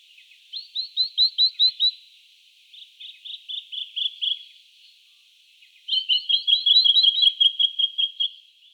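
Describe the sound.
Jacky winter singing three runs of high, quick chirps, the middle one softer, the last one long and rapid with overlapping notes.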